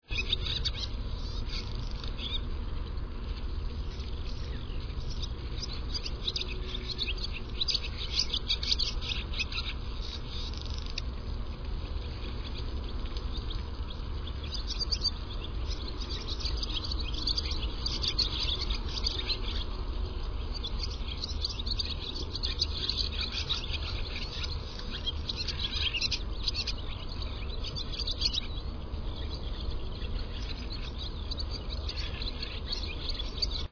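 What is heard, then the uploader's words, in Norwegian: Barn swallows twitter almost without pause: a dense, busy stream of high chirps and chatter that swells in bursts, busiest around the first third and again near the end. A steady low rumble runs underneath the whole time. Lyden av låvesvale.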